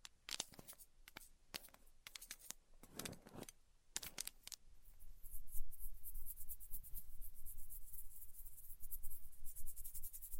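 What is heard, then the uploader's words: A band-aid is peeled off in short crackling rips through the first four seconds, then a denser, steadier tearing rustle continues to the end. ASMR Ripping Off the Band Aid (No Talking).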